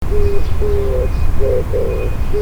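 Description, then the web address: Oriental turtle dove giving low, throaty coos, a long note followed by paired rougher notes, with steady low rumble behind. "tosaka tori 080301 kijibato"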